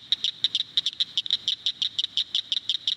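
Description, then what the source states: Cricket frog calling: a rapid series of sharp, high clicks like tapped castanets, with faint low background noise. Call likened to little castanets, little clicking noises.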